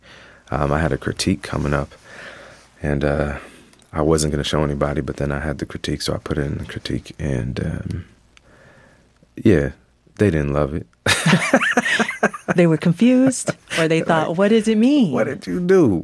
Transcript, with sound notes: I had a critique coming up, and I wasn't going to show anybody. But then I had the critique, so I put it in the critique. And, yeah, they didn't love it (laughter).
They were confused, or they thought, what does it mean?
What did you do?